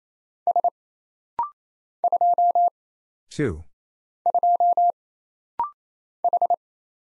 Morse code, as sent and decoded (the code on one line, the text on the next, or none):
... / ..--- / ..--- / ....
S 2 2 H